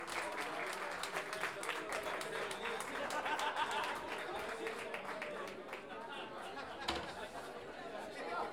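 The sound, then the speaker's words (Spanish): Steady audience applause at a payador festival, given for the attendees: a dense crackle of many hands clapping at even loudness, with crowd chatter mixed underneath. “Un aplauso también para ustedes que engalanaron esta fiesta con su presencia.”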